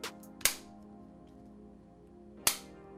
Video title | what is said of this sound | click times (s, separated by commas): Honor Choice True Wireless Earbuds X1 Unboxing & Review - Budget Earbuds Keep Getting Better! | The lid stays open and has a super satisfying click. Let's listen. | 0.5 s, 2.5 s